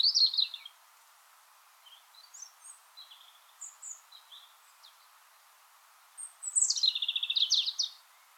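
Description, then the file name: European robin song, a high trilled phrase, scattered soft thin notes, then a long rapid rattling trill dropping and rising in pitch. "Erithacus rubecula"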